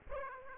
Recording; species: mosquito wingbeat signal from an infrared sensor; Aedes aegypti